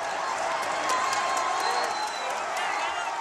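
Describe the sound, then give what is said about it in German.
A large crowd lining the streets of Jerusalem cheers loudly and steadily, greeting arriving pilgrims and waving palm branches, with overlapping shouts, whoops and scattered clapping forming a dense, continuous roar throughout. “Sie begrüßen die Pilger laut jubelnd und winken ihnen mit Palmzweigen zu.”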